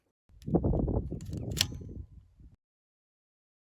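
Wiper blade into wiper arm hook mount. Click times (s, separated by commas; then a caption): 1.6 s. On a 2018–2022 Chevy Equinox, a plastic wiper blade adapter is hooked onto the wiper arm's hook mount and pushed up and away from the windshield. Soft handling and rubbing noises run from about 0.3 to 2.5 s. A sharp, bright snap at 1.6 s is the blade seating into place on the arm.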